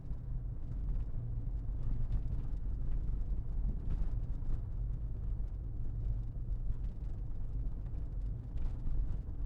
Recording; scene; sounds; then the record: everyday scene through a hearing-aid microphone; in a vehicle; engine, rumble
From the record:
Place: Berlingo II, diesel engine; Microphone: behind the ear, left, rear